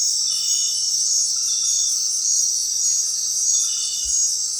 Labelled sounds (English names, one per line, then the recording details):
none
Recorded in dense forest near Puerto Asís, Putumayo, Colombia, on 20 February 2024 at 20:30
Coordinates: 0.500, -76.322
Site G6465